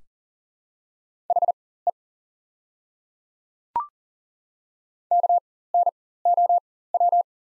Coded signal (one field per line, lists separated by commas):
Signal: Morse code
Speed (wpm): 40 wpm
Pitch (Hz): 700 Hz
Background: none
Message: HE KNOW